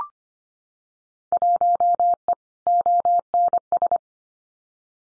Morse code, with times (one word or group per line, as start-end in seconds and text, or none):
1.3-2.3 1E
2.7-4.0 ONS